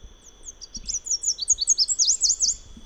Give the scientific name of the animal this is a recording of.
Basileuterus delattrii